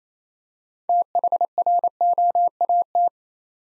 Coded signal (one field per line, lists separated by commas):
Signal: Morse code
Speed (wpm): 29 wpm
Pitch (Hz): 700 Hz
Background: none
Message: THROAT